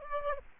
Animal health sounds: mosquito wingbeat signal from an infrared sensor; Aedes aegypti

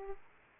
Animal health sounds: mosquito wingbeat signal from an infrared sensor; Aedes aegypti

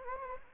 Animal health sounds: mosquito wingbeat signal from an infrared sensor; Anopheles gambiae

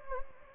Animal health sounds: mosquito wingbeat signal from an infrared sensor; Anopheles gambiae

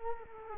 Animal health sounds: mosquito wingbeat signal from an infrared sensor; Culex quinquefasciatus

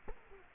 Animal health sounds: mosquito wingbeat signal from an infrared sensor; Culex quinquefasciatus

